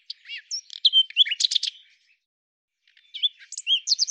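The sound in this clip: Common nightingale song: a rich phrase of whistles, chips and buzzy trills, a brief pause, then looping whistled notes.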